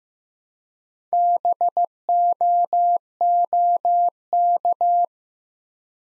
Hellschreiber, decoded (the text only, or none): none